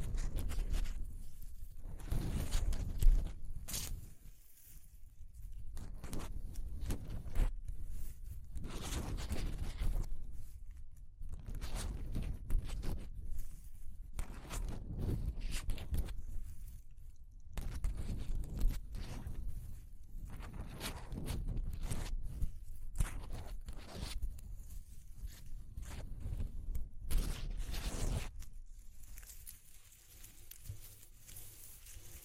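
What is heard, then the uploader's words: Exploring textures: dense, irregular rubbing and scraping with frequent crisp crunches and brief pauses, ending with a quieter stretch after thirty seconds. ASMR Exploring Textures (No Talking).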